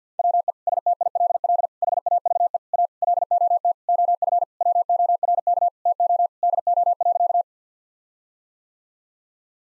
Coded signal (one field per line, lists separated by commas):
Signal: Morse code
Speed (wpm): 50 wpm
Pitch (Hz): 700 Hz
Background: none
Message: WE STILL HAVE A LOT OF WORK TO DO.